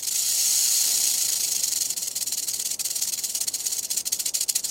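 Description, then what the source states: Rattlesnake warning rattle: a continuous high, dry buzz that breaks into fast, uneven pulses in its second half. A real rattlesnake's warning rattle; ground squirrels were alarmed by it in an experiment.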